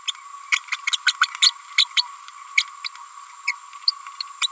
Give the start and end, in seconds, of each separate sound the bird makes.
0.07-0.12, 0.52-0.55, 1.41-1.50, 1.77-1.86, 1.96-2.03, 2.57-2.63, 2.84-2.89, 4.41-4.47